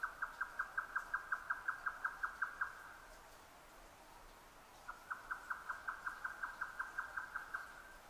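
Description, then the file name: Grey nightjar song: two runs of sharp, repeated tok notes at an even quick tempo, separated by a pause. Recorded 12 June 2009 at 22:41. "yotaka-20090612-2241"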